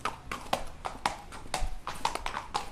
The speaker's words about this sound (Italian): Allora, sulla pista di San Siro, circondati da tanti bellissimi cavalli che si stanno allenando,